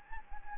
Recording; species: mosquito wingbeat signal from an infrared sensor; Anopheles gambiae